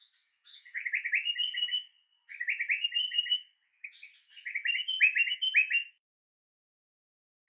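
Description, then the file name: Flycatcher delivering three buzzy chattering phrases in quick succession, with a few thin high notes, in an otherwise quiet setting. "moucherolle - bandrame"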